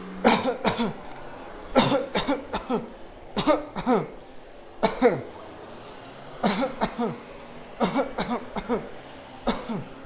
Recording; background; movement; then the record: voluntary coughing; traffic; walking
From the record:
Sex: male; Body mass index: 20.6 kg/m2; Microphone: on the chest, facing outward